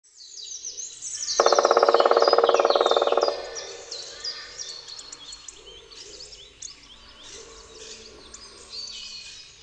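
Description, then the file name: Black woodpecker drumming, a dense rapid roll lasting about two seconds, amid a busy chorus of high twittering songbirds. "dzieciolczarny"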